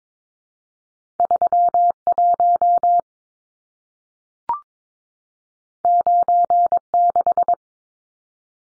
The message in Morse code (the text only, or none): 31 96